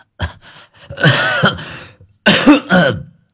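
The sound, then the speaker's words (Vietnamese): An old man has a harsh, violent coughing fit in front of police officers: two rough bursts of hacking coughs, loud and raspy, separated by a brief pause, with throaty, strained sounds between them. “còn không quên kỷ niệm cho mấy anh công an thêm một chàng ho sặc sụa.”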